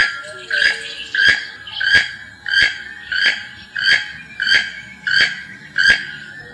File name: keel billed toucan